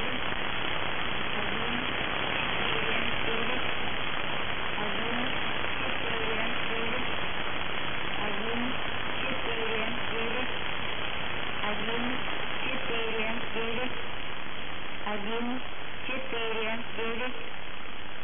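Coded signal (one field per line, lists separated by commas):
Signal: numbers station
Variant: S06s, Russian female voice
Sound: a faint synthesized female voice speaking short evenly spaced words through heavy hiss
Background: radio static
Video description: Preamble begins at 0:20 and is repeated until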